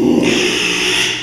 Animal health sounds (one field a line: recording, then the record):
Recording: squeal of a Yucatan mini pig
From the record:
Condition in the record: after surgery on the right vocal fold (resection and tissue-engineered implant)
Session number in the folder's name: 1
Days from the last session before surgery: 6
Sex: male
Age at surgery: 12 weeks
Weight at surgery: 13 kg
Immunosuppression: cyclosporine, prednisolone